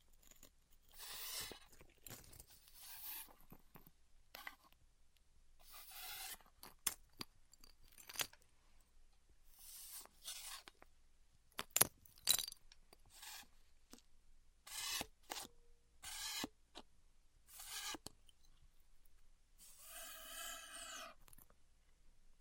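Styrofoam being heat cut, with irregular bursts of bright scraping and hissing, sharp clicks between them, and quiet pauses throughout.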